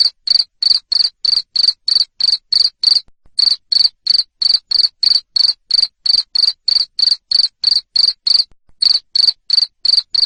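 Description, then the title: Cricket giving a steady run of loud pulsed chirps, roughly three each second, broken by two brief pauses. Loud cricket chirping used to stimulate lovebirds to sing continuously. "Suara JANGKRIK NGERIK Keras Bikin LOVEBIRD Jadi NGEKEK Terus Vubey"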